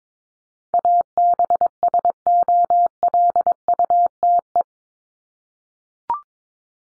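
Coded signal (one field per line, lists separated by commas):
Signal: Morse code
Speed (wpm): 22 wpm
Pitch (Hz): 700 Hz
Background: none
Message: ABSOLUTE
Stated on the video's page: Morse head-copy drill of top 100 words ending in LY and their root words at 22 wpm, each sent, spoken, then sent again.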